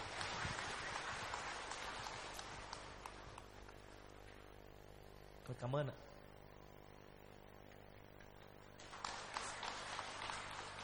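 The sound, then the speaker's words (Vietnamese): An audience applauds a singer after a performance at a Vu Lan season event, with steady, crackling clapping that eases while a voice briefly speaks a few words, then swells again toward the end. “Xin vị chúng ta cho một tràng pháo tay.”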